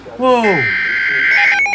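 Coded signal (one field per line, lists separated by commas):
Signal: Emergency Alert System (SAME) tones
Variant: header bursts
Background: speech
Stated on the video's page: Tornado warning EAS alert.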